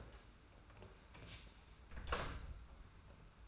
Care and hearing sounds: daily activity, microphone in the room; close door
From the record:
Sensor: 2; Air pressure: 991.5 hPa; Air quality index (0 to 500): 146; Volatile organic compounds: 359 ppm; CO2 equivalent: 4599 ppm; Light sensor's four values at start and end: 31/93/36/34 and 31/93/36/34

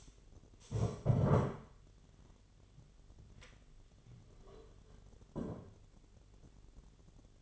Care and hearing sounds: daily activity, microphone in the room; stand up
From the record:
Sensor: 4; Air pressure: 1008.6 hPa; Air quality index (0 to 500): 172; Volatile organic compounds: 5 ppm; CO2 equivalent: 1723 ppm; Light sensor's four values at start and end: 23/72/27/26 and 23/72/27/26

